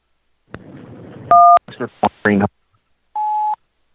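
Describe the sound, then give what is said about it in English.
A short, steady two-pitch telephone keypad tone as a call is placed, followed by a brief burst of muffled, voice-like sounds and then one longer, even beep at a single pitch. “One more call. Let's see if we can get a pickup.”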